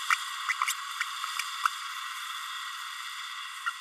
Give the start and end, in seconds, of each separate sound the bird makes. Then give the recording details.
0.10-0.15, 0.48-0.53, 3.66-3.70. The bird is a female. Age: 30 days. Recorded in a nest box in Venezuela. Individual 17B32A7